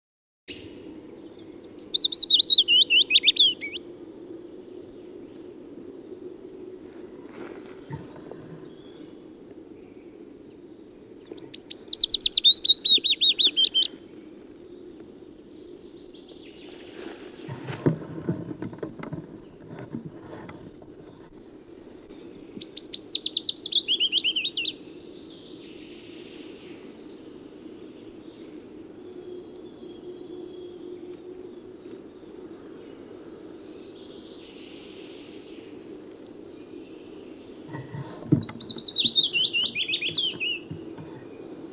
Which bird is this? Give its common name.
Willow Warbler